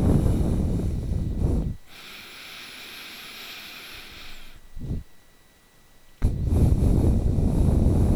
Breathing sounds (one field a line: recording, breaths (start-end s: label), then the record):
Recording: nose breathing near a microphone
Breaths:
0.00-1.66 s: exhalation
1.66-4.91 s: inhalation
6.09-8.16 s: exhalation
From the record:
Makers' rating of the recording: bad